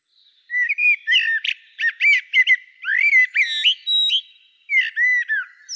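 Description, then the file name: Common blackbird singing a rich run of fluty, warbled notes mixed with short squeaky twitters, phrases following closely with brief pauses between. "Turdus merula"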